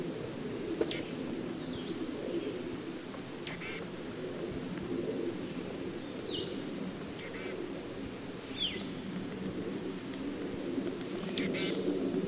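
Tufted titmouse giving sparse, very high thin call notes every few seconds, with a few lower descending notes between them, over steady low background rumble.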